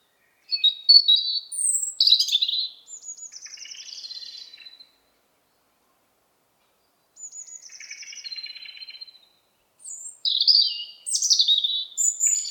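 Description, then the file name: European robin delivering a few separate song phrases, each mixing sharp high notes, rapid buzzy trills and sliding whistles, separated by silent gaps. "Erithacus rubecula"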